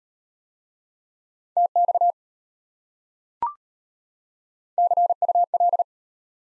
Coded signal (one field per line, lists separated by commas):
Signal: Morse code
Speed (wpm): 33 wpm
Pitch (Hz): 700 Hz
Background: none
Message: TX CUL